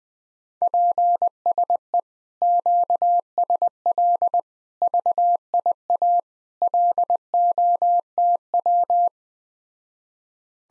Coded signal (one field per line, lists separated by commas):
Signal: Morse code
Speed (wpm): 20 wpm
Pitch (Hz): 700 Hz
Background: none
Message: PSE QSL VIA LOTW